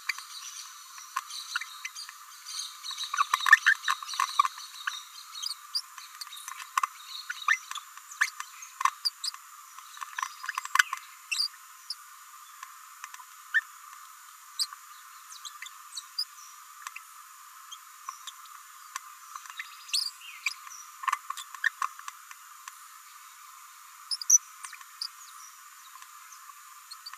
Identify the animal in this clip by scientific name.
Forpus passerinus